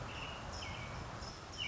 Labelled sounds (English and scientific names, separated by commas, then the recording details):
American Robin (Turdus migratorius)
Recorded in Sonoma County, California